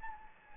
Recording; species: mosquito wingbeat signal from an infrared sensor; Anopheles gambiae